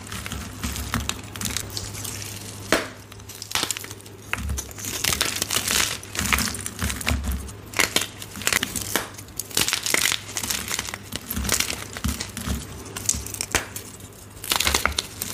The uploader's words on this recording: Baby Oil Gym Chalk Crushing Compilation.